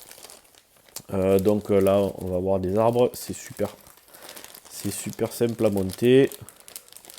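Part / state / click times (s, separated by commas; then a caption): cardboard tree pieces slotted into each other / not seated / none. Two die-cut cardboard pieces of a board game's scenery tree are handled and slid toward each other while someone talks, with crinkling and light tapping sounds around 0.1–1.0 s, 4.1–4.7 s and 6.8–7.2 s. Nothing has seated or clicked yet; the clip ends just before the pieces fit together.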